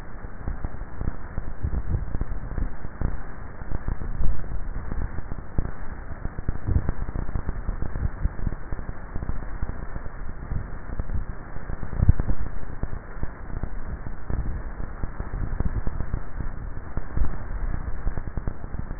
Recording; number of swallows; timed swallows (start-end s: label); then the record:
swallowing sounds by neck microphone; 2
4.15-4.98 s: swallow
17.15-17.98 s: swallow
From the record:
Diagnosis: dysphagia